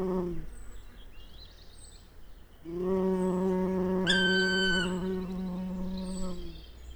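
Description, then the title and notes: Bumblebee hum swelling back in after a lull and droning for several seconds, a sharp bird cry breaking over it midway. Bumblebee passing by during a well-advanced morning chorus, 1 June 2020, Piste aux espagnols; recorded with Nagra LB and omni MKH 8020. "Piste aux espagnols. le passage d&#39;un bourdon"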